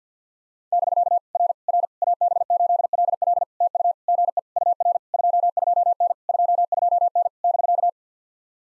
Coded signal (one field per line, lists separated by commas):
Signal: Morse code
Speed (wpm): 48 wpm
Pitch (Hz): 690 Hz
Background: none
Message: <BK> R R AB8LL TU GE UR 22N 22N <BK>